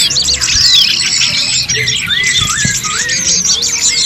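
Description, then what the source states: Birds twittering in a crowded chorus, with a few distinct swooping whistled notes standing out in the middle against steady high chatter. Chirping birdsong recording made for training and tutoring favourite pet birds.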